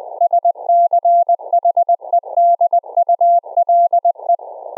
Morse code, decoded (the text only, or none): SCHEDULE